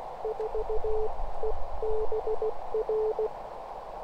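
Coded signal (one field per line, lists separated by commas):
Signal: Morse code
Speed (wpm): 16 wpm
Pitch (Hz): 440 Hz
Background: none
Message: 4EBR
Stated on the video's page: CW Parks on the Air activation from a car on 20 meters with a ham stick antenna, by an inexperienced operator.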